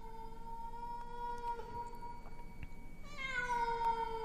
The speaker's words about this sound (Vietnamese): Bất giác ở trên mái nhà, tiếng con mèo hồi nãy lại vang lên đến não lòng, réo rắt làm cho Nguyệt lạnh gáy.